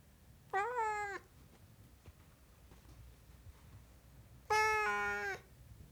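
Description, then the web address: Siamese cat producing two separate meows, a short bent one then a longer loud wail after a pause of several seconds. "BBC Sound Effects Library. Siamese Cat Meowing"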